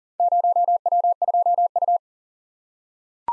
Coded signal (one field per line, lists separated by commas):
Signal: Morse code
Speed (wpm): 40 wpm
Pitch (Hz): 700 Hz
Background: none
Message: 0W2U